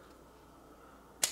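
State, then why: Seated. The triangular abrasive rod (320 grit, 600 grit and ceramic faces) on a WorkSharp Precision Adjust angle knife sharpener's guide rod is rotated into its detent, ready to sharpen a restored Opinel. After about a second of quiet low background hum, a single sharp, bright click rings out at 1.2 s. The rod is seated in place.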